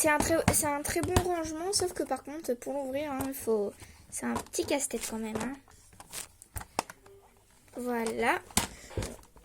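Someone talks while handling a small plastic toy accessory, apparently a little helmet, to clip it onto a plastic toy figure or part so that it does not fall off. Between about 6.0 and 7.1 s there are a few short plastic taps, the loudest at 6.8 s, followed by more talk and a few faint taps near 9.0 to 9.4 s. The clip ends just before the part goes home; nothing has seated or clicked yet.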